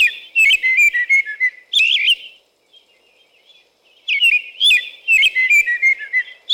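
American robin song: fast, continuous strings of liquid whistled notes and high squeaky accents, broken by a quiet stretch of about one and a half seconds.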